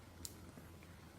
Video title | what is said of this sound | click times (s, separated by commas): Funny Or Female - Too easy for you to unlock | And there we go. It there's a confirmation. It clicks in both ways. | 0.2 s